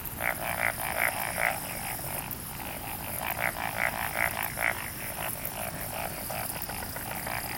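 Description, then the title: Frogs croaking, one caller giving four loud pulsed notes, a short pause, then four more, against a steady chorus of other frogs and a high hiss. "Summer Japan, Hokkaido. Night Paddy's frogs. 夜の水田のカエル"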